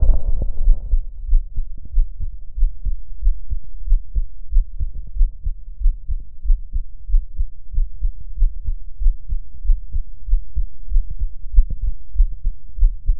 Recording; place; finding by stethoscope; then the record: heart sounds by stethoscope; pulmonary valve (PV); normal heart sounds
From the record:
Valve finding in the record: normal valve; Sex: female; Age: 43 years